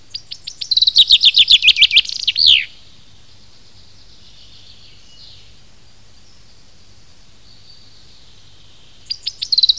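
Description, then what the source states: Common chaffinch singing one full phrase of rapid repeated notes that tumbles down into a terminal flourish; after a long pause, another phrase begins. Recorded in spring 2010.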